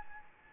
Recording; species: mosquito wingbeat signal from an infrared sensor; Anopheles gambiae